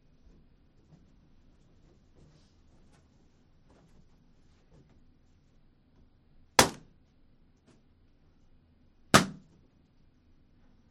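Balloons are popped one at a time with a needle on a stick: two sharp, bright bangs, one at about six and a half seconds and another near nine, each dying away quickly. Between them only a low, steady hum and faint small ticks.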